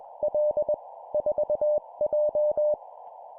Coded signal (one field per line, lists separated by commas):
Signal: Morse code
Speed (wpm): 21 wpm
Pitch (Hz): 600 Hz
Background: none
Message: L 4J